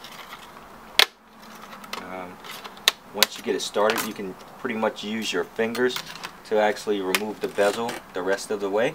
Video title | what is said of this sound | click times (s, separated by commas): How to Replace HP Pavilion dv 2000 LCD Screen Replacement Tutorial | and you'll hear the tabs clicking as we remove it | 1.0 s, 2.9 s